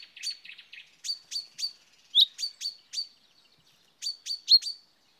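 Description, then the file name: Common chaffinch giving repeated short high calls, a series followed by a brief pause and a final group of four notes. "Fringilla coelebs"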